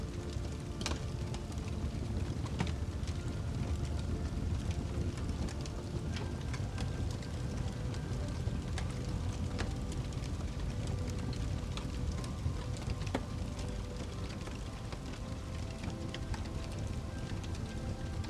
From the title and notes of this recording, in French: La mélodie apaisante fusionne avec le crépitement réconfortant du feu. Cet épisode combine musique douce et sonorités naturelles.